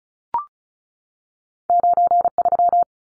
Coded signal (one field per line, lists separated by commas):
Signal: Morse code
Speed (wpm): 34 wpm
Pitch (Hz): 700 Hz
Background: none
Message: 93